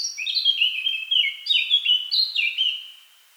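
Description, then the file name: Eurasian blackcap song: a continuous run of bright whistled notes, each phrase stepping down in pitch, repeated several times before fading at the end. "Sylvia atricapilla"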